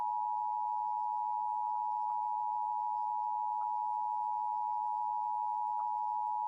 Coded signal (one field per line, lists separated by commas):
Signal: Emergency Alert System (SAME) tones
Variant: 853 and 960 Hz attention tone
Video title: EAS Severe T’storm Warning #33 3/14/25 (Credit Goes To @SouthernPennsylvaniaWX & @KanawhaCountyWX)